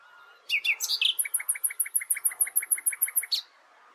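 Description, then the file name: Common nightingale song opening with a few sharp notes, then a long, even series of many rapid repeated pulses. "Luscinia megarhynchos"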